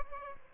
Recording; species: mosquito wingbeat signal from an infrared sensor; Aedes albopictus